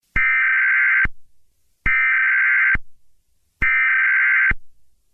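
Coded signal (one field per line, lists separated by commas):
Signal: Emergency Alert System (SAME) tones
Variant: header bursts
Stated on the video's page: Fictional EAS scenario, a recreation rather than a real alert.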